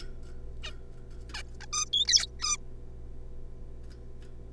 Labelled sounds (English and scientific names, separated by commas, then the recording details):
Zebra Finch (Taeniopygia guttata)
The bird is a juvenile
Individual R3549